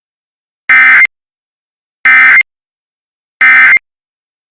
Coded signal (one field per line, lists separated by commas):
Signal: Emergency Alert System (SAME) tones